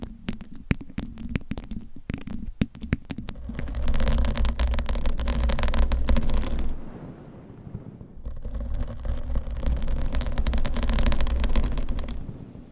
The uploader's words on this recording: ASMR Mic Scratching Brain Scratching with 50 DIFFERENT MICSCovers & Nails No Talking.